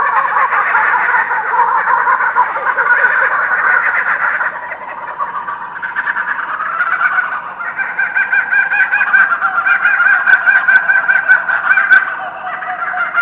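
Kookaburra laughing chorus: dense, rapid chuckling notes that rise and fall in waves and carry on without a break for the whole stretch.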